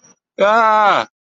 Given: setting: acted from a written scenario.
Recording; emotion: vocal sound without words; distress